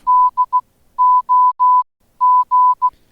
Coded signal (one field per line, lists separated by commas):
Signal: Morse code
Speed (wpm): 16 wpm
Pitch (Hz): 1000 Hz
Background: none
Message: DOG